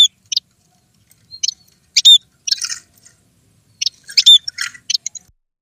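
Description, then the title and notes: Bird calls: sparse, sharp chirps and a few thin whistled notes in scattered pairs and small groups, separated by short silences. Compilation of bird calls used as a lure to attract wary birds that are hard to approach. "Suara Burung Bandel Yang Susah Mendekati. Kompilasi Suara Pikat Burung"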